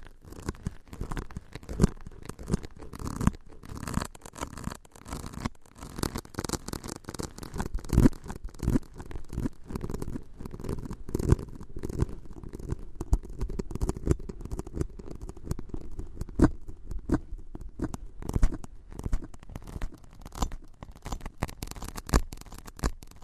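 Tapping and scratching goes on without a break for the whole stretch, a dense run of quick, irregular taps over a low rasping scrape. The strikes come several times a second, sharp and clicky on top with a thicker low body, and their loudness varies only slightly throughout.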